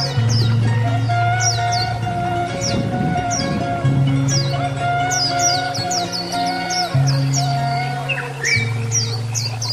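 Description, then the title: Oriental magpie-robin pouring out high, sharp downslurred notes in rapid strings, with a loud low hum beneath. Song (kicau). "Kicau Kacer Durasi Panjang 1jam Lebih"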